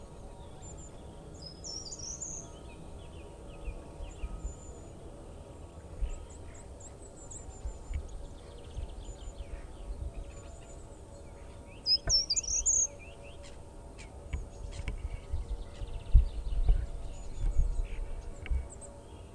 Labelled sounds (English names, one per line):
Short-toed Treecreeper song